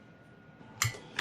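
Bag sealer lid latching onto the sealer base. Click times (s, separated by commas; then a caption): 0.8 s. A bag sits in a countertop heat sealer as its lid is pushed down and latches onto the sealer base with a sharp click at 0.8 s, followed by a second, softer click at 1.2 s. The lid is confirmed seated and the bag sealed.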